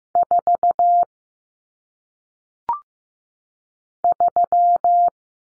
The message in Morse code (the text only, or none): 4 3